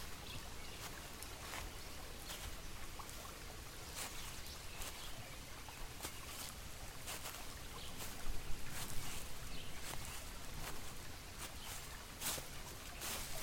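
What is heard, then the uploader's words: Footsteps tap along a wooden boardwalk at an easy, fairly regular pace over a steady rushing creek and low outdoor rumble. Trail by a Creek. A quiet walk on a boardwalk through a wooded stream. Filmed in Mason Mill Park in Decatur, GA along the South Peachtree Fork Trail on the boardwalk.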